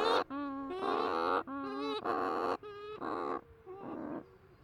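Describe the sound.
Cape Verde shearwater calling with harsh, bleating, nasal notes in several bursts, each under a second, the last ones quieter.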